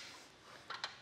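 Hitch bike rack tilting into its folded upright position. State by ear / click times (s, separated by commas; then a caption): not seated / none. The blue handle of a RockyMounts AfterParty Swing Away hitch bike rack for 2 bikes on a 2023 Nissan Rogue is pulled and pushed up as the rack tilts toward its folded upright stowed position. A quiet handling rustle is followed by two short, bright knocks at about 0.7 s and 0.8 s. The rack has not clicked into place yet.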